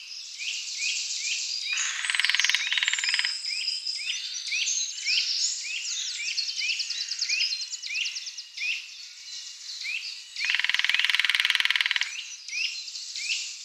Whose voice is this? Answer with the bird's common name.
Lesser Spotted Woodpecker